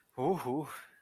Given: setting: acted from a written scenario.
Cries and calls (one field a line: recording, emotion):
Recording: vocal sound without words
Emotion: pride